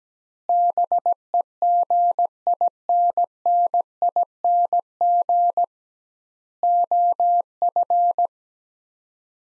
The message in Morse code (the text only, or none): BEGINNING OF